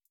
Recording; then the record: hydrophone in a shrimp aquaculture tank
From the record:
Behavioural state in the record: feeding